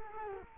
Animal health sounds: mosquito wingbeat signal from an infrared sensor; Culex quinquefasciatus

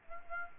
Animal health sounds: mosquito wingbeat signal from an infrared sensor; Aedes aegypti

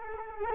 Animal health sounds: mosquito wingbeat signal from an infrared sensor; Culex quinquefasciatus

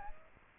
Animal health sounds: mosquito wingbeat signal from an infrared sensor; Aedes aegypti

